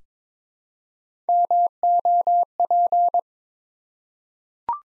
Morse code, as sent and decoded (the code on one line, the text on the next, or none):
-- --- .--.
MOP